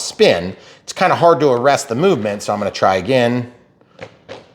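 Someone talks while trying to push a tight-fitting spinner part onto the motor shaft of an Avios Twin Otter 1600mm model, followed by two faint taps near 3.8 and 4.0 seconds. The spinner has not seated or clicked into place yet.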